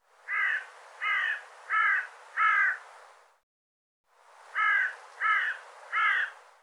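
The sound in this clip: Bird giving harsh caws, a run of four evenly spaced calls, a pause, then three more.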